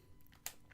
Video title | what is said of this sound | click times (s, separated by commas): LG G5 Unboxing! | it just clicks back in and then you're ready to fire it up | 0.5 s